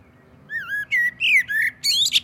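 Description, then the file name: Common blackbird song with rich, slurred fluty notes in a slow phrase, ending in a sharp high squeaky flourish. "Turdus merula"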